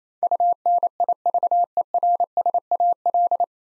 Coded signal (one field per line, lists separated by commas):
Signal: Morse code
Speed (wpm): 28 wpm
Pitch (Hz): 700 Hz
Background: none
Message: UNIVERSAL